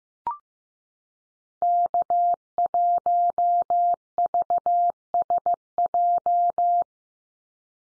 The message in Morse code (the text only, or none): K1VSJ